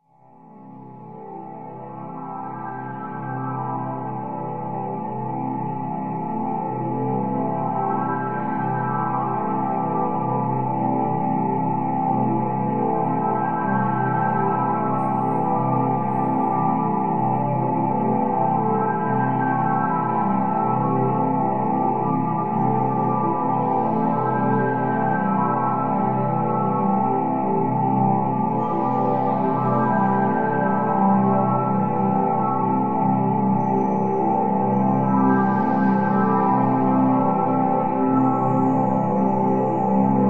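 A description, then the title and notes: A meditation drone of layered, sustained tones, low and warm with a bowl-like ring, swells in over the first several seconds and then holds steady. A slow, gentle pulsing moves through the sound, and faint airy glints flicker high above it now and then. 9HZ meditation frequency.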